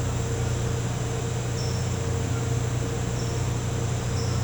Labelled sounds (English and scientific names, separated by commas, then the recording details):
none
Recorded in pastures near Puerto Asís, Putumayo, Colombia, on 13 March 2025 at 09:30
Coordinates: 0.466, -76.322
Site CSA-02